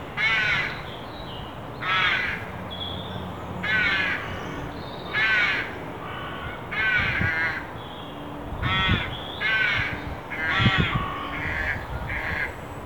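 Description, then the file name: Carrion crow calling a long series of harsh, raspy caws at uneven intervals, with low rumbling background noise. "Corvus corone"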